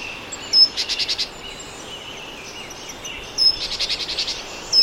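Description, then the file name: Great tit with two bouts of calls, a sharp high note leading into a rapid buzzy pulse series, and a third bout starting at the end. "Parus major"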